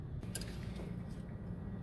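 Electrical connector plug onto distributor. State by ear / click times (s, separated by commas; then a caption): seated / 0.4 s. On a 1996–2000 Honda Civic getting a new distributor for an intermittent crank-no-start condition, the electrical wiring plug is slid back onto the distributor while channel lock pliers press on its back end. A sharp click at 0.4 s stands out over a steady low hum with a few fainter knocks around it, and the plug is seated solidly on the distributor.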